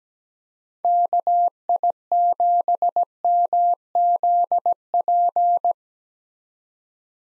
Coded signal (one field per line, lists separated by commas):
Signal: Morse code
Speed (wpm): 17 wpm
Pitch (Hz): 700 Hz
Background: none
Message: KI7MZP